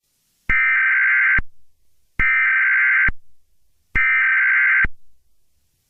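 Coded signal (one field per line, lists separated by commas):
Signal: Emergency Alert System (SAME) tones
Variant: header bursts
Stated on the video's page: Fictional EAS scenario, not a real broadcast.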